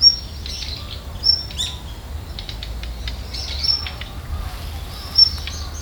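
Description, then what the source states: Daurian redstart giving thin, high whistled notes spaced a second or more apart over a steady low rumble. Female.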